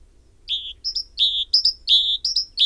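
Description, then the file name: Great tit repeating a phrase of two quick high notes and a longer, fuller lower note, several times in under three seconds. "Parus major"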